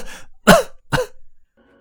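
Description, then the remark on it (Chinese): A man, bent over after his throat is released, coughs twice in quick succession, two harsh, rasping bursts about half a second apart, with faint breathy sounds before and after as he catches his breath. “男人的喉咙被放开后，他弓着身子咳嗽两声，不但把气喘匀”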